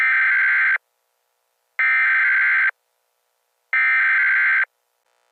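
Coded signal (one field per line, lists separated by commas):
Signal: Emergency Alert System (SAME) tones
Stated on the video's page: Central Ohio flood alerts, received on a weather radio; the flood watch lacked the 1050 Hz tone.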